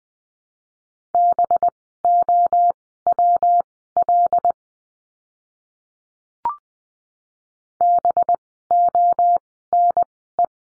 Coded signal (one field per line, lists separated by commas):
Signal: Morse code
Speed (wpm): 20 wpm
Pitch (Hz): 700 Hz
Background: none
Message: BOWL BONE